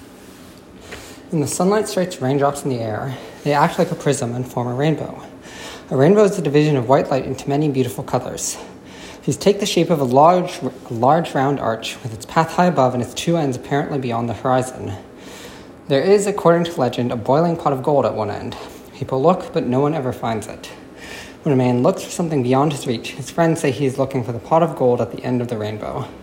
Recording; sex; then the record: reading aloud after running; male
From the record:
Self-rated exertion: vigorous exertion (4 of 6); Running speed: 6 miles an hour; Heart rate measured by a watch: 166 beats a minute at the start, 167 at the end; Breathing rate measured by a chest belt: 22 breaths a minute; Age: 21 years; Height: 168 cm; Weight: 61 kg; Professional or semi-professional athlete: no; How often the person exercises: under once a week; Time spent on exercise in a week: 1 to 2 hours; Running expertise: yes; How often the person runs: under once a week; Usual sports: running, hiking, soccer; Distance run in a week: 0 km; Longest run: 10 km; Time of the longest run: 50 minutes